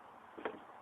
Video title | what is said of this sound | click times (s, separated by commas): GM 4.3 Vortec lower intake manifold gasket replacement | There's a click of the fuel lines. | 0.5 s